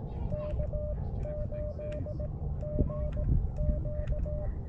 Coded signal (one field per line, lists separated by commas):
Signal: Morse code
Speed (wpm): 18 wpm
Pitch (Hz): 600 Hz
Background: speech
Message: K8GQ